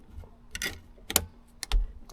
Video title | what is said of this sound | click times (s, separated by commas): Suspension Refresh & Fuel Injection: The Ultimate Ride Upgrade | down there. Wait for the click. | 1.2 s